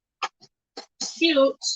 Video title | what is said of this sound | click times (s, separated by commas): Keto Salmon Cakes, Salad, Homemade Dressing | right here over the kickstand it locks into place and then you just press your | 0.2 s